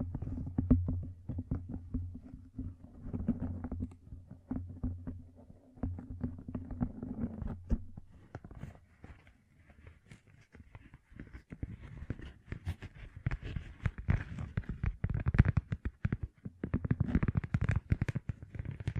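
Gem-covered fingertips tap and scratch in a dense, irregular run of small clicks and rasps throughout. For the first eight seconds a low steady hum sits underneath; afterward the hum drops away and the scratching grows brighter and busier, peaking near the end.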